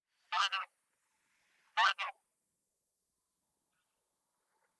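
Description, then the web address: Bean goose giving two short honks about a second and a half apart, with quiet between them. "hishikui"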